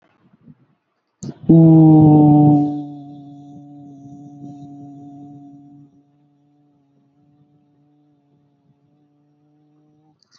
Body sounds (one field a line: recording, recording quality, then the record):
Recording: sustained vowel as in boot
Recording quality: excellent, no background noise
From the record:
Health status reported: healthy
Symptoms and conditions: none ticked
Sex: male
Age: 20 years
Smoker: not ticked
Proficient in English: yes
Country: India